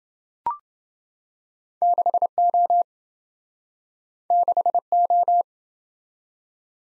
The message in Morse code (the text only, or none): 6O 6O